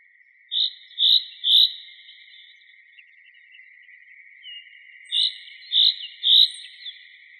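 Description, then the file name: Common chaffinch calls, short bright notes in two groups of three, around half a second apart within each group. "Fringilla coelebs"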